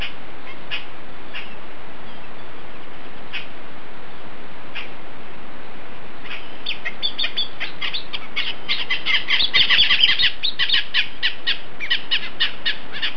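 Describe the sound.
Bird calls: short high chirps, scattered at first, then a dense, rapid, uneven series of bright notes from about seven seconds on, over steady background hiss.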